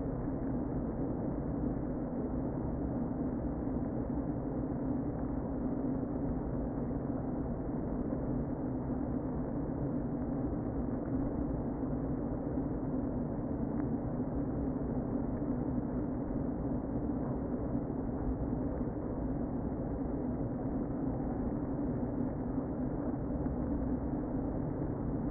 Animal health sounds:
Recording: honeybee colony, microphone inside the hive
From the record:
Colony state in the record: queen present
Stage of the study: before two queens were removed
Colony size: about 60,000 bees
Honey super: yes

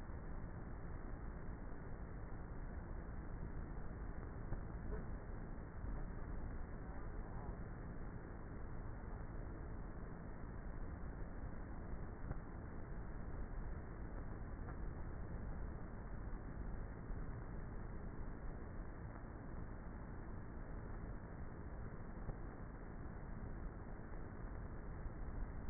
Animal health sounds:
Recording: honeybee colony, microphone inside the hive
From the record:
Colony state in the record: queenless with a low population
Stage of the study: before two queens were removed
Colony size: about 30,000 bees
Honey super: no

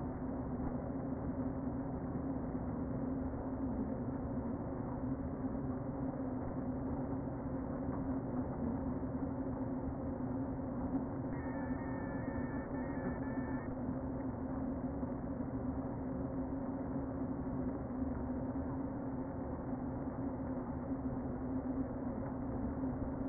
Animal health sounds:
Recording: honeybee colony, microphone inside the hive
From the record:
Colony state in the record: queen present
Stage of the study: before two queens were removed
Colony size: about 60,000 bees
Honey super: yes

